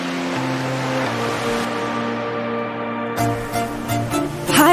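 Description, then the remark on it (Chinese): A steady wash of ocean surf on a beach rolls on at an even level, blended with sustained musical tones, then swells into a louder rush near the end. “踏着纯白的沙滩，波光灿烂着蔚蓝，大海对着我不停地呼唤，你还在等什么？”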